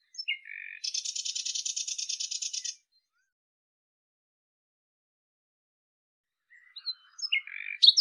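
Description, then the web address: Common nightingale song, a few whistled notes then a rapid buzzing trill of tightly repeated notes for two seconds, silence, and another phrase starting. "cianscape birddata Deverinetal 2025"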